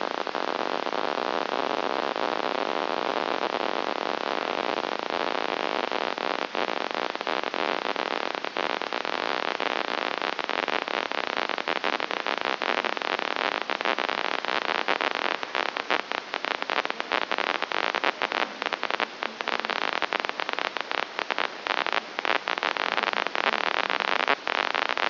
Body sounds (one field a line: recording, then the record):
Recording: brain microelectrode recording played as sound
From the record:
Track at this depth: inside the subthalamic nucleus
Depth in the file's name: 4.502 mm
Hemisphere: left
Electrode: 2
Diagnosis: Parkinson's disease